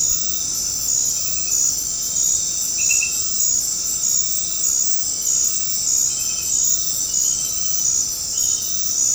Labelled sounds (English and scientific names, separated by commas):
none